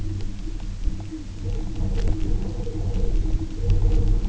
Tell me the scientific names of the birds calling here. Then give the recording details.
none. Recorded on Arctic tundra, site UTQI-0, on 27 June 2018. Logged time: 10:00